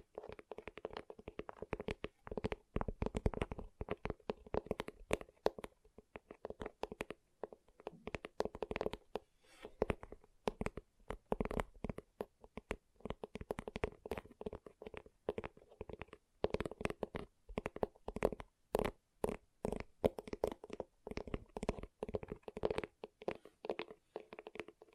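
Gentle tapping continues for the whole stretch as a rapid, uneven patter of soft clicks, with a muted thud beneath each one. The taps come in quick bursts with brief pauses between them and stay at a fairly even, moderate loudness throughout.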